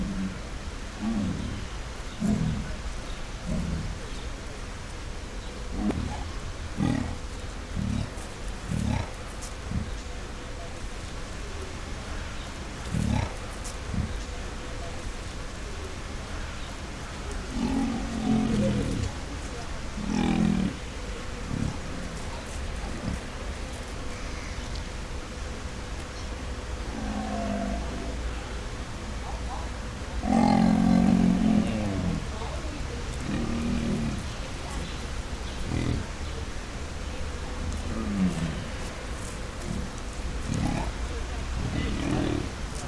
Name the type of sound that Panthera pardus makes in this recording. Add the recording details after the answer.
call. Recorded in captivity. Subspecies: saxicolor. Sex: male. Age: adult. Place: Zoo Berlin, Berlin, DE. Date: 1996-07-28 18:15. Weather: overcast, 23°C. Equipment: Sony MD-WM MZ-R3, Sennheiser ME 80, Kopie Uher 4000 Report Monitor. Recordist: Tembrock, Günter